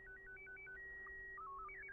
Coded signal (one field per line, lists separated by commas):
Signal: SSTV (slow-scan television)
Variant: Scottie 1